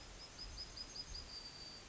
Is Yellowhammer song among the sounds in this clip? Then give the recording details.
yes. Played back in forest. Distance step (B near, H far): G. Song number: 059